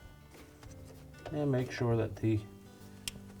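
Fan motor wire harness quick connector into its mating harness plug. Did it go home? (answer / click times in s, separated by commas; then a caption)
yes / 3.1 s. On a Frigidaire refrigerator evaporator fan motor kit that uses a quick-connect harness rather than crimped wires, the plastic quick-connect wire harness connector of the fan motor is pushed into its mating harness plug while someone talks over background music. A sharp tick at 3.1 s marks the locking tab snapping in place, and the connector is seated and locked.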